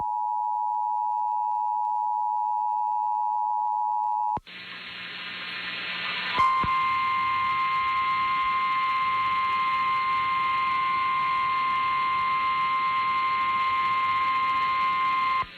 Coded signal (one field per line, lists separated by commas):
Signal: Emergency Alert System (SAME) tones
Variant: 853 and 960 Hz attention tone